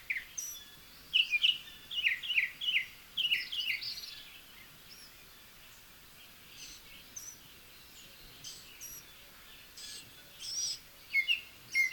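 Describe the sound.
Northern mockingbird song: a run of short, bright, repeated chirped phrases in the first four seconds, then scattered high sharp notes over faint background noise.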